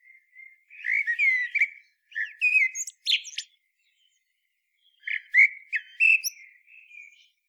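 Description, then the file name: Common blackbird singing two fluty, warbled phrases with scratchy high chirps, separated by a silence, and a soft trailing whistle at the end. "Turdus merula"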